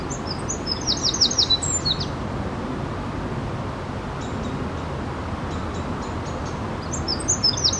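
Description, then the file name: Eurasian wren giving a short burst of quick, high trilled notes at the start, faint high ticks in the middle, and a fresh burst beginning at the end, over steady hiss. "Troglodytes troglodytes"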